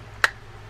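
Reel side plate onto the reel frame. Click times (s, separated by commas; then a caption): 0.2 s. The side plate of a Daiwa Lexa 300WN baitcasting reel is pressed back onto the reel frame after a recheck. It seats with one sharp, loud snap at 0.2 s, and then only faint low background hum continues. The side plate snaps home and is seated.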